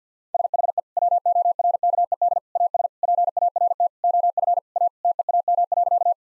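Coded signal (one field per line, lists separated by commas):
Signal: Morse code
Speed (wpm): 45 wpm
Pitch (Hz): 700 Hz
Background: none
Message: SHE WORKED AS PART OF A TEAM.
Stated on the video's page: Morse code sentences of common four-word phrases at 50 wpm, sent, then spoken, then sent again; first words spoken beforehand as a guide; head-copy practice.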